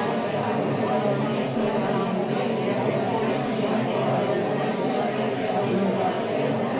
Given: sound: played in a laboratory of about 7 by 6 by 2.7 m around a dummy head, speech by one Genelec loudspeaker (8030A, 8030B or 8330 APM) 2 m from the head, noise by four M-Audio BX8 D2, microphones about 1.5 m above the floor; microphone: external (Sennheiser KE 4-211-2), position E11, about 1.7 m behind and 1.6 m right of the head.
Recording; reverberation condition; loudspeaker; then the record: babble noise; medium; four, about 170 cm from the corners of the room and facing them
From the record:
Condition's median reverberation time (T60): about 510 ms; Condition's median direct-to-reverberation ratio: about -0.5 dB